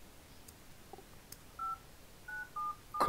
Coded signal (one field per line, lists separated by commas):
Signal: DTMF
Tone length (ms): 170 ms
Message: 5 977